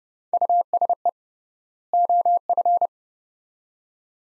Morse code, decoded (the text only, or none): USE OF